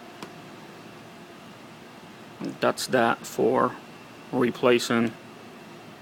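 On a 2004–2008 Acura TSX, the plastic armrest top cover is put into its track on the center console armrest base, slid back and snapped into place, the last step of a broken clip repair. A single soft click at 0.2 s shows it has seated, over a steady low background hiss. From about 2.4 s someone talks.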